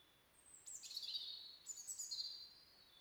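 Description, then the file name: European robin singing a thin, silvery phrase that starts very high, drops, then climbs again, over quiet hiss. "Erithacus rubecula"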